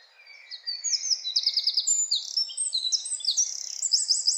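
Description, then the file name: Eurasian wren song: a loud, rapid run of high trills and buzzy rattles, fast repeated notes tumbling through a sustained stream. "Troglodytes troglodytes"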